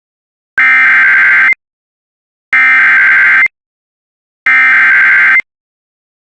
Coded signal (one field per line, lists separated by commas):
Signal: Emergency Alert System (SAME) tones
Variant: header bursts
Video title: EAS Alerts I Missed on 7/7/24